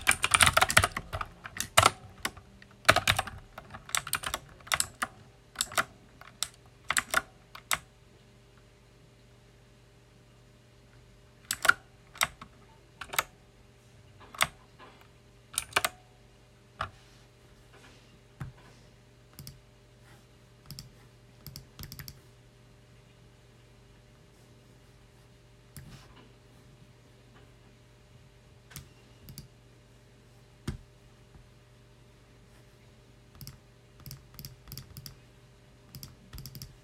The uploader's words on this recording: You will hear a close-up recording of me working with a loud mechanical keyboard.